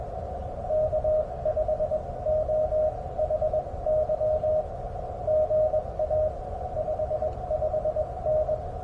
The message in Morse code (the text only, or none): K5OHY GA 55N